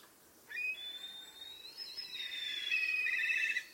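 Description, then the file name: Kite giving a drawn-out whistled call that starts thin and steady, then rises and ends in a quivering, tremulous trill over soft background hiss. "kania"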